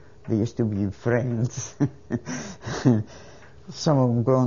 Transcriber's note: she laughs